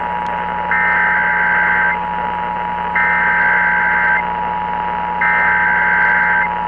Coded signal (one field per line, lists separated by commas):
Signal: Emergency Alert System (SAME) tones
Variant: header bursts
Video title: UTAH TESTS! Broadcast Radio EAS: Required Monthly Test (EAS #262-263)